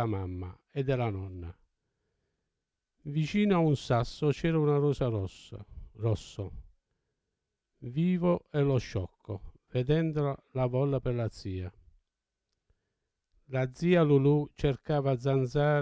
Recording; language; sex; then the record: read passage; Italian; male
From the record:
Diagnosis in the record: Parkinson's disease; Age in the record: 70 years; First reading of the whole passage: 68 s, 7.6 characters per second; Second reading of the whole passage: 61 s, 8.4 characters per second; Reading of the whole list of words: 64 s, 4.4 characters per second